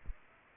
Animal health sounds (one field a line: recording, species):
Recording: mosquito wingbeat signal from an infrared sensor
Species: Aedes aegypti